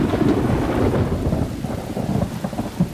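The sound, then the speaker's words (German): Heavy rain pours down steadily as someone steps out of a taxi, while low thunder rumbles underneath, a dense, continuous wash of noise with deep booming swells and no voices. “wie er im strömenden Regen im Betting aus dem Taxi gestiegen ist.”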